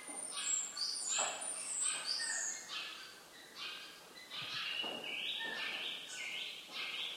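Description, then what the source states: Birds chirping, a mix of high, thin tweets and short sweeping notes from several callers, overlapping continuously throughout. Birds in an abandoned warehouse.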